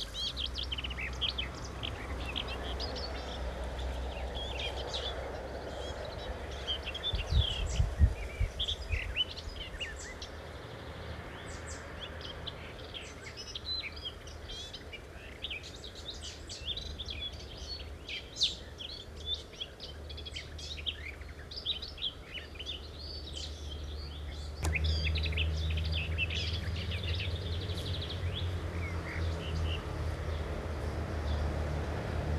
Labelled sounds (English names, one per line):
Garden Warbler song